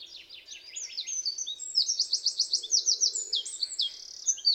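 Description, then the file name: Eurasian wren singing a rapid high-pitched phrase of tumbling notes and a fast, evenly pulsed trill, continuous throughout. "Troglodytes troglodytes"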